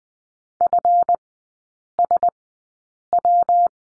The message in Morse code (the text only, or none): FSW